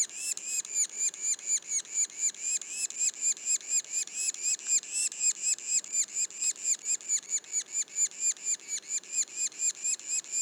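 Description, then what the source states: Yellow-bellied sapsucker calls, a long, rapid run of harsh hooked squeals, steady and insistent throughout. Juveniles, Mont-Orford National Park, Quebec.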